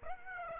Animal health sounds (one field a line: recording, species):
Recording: mosquito wingbeat signal from an infrared sensor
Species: Aedes aegypti